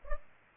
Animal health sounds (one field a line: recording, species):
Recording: mosquito wingbeat signal from an infrared sensor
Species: Culex pipiens